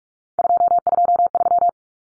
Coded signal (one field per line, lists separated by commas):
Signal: Morse code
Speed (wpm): 44 wpm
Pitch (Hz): 700 Hz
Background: none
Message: 223